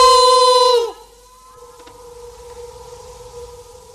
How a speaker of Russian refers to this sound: А чего это оно откликается? Не знаю. Говорят, это звук отражается.